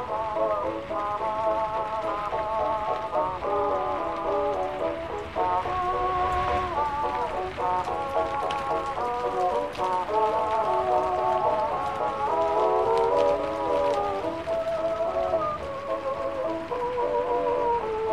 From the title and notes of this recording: Oldies playing in another room and it's raining ( it's a great night).